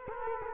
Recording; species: mosquito wingbeat signal from an infrared sensor; Culex quinquefasciatus